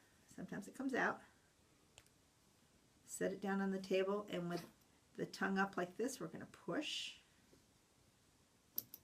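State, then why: Partly seated. Someone talks while a zipper slider is pushed onto the end of a coil zipper tape laid on a table with the slider tongue up. Two sharp clicks come near the end, the first at 8.8 s. The slider is only partly on and not in all the way.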